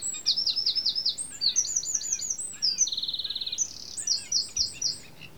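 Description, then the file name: Eurasian wren song, a vigorous cascade of high piercing notes with a dry, evenly pulsed trill in the middle, then more rapid phrases before fading. "Troglodytes troglodytes"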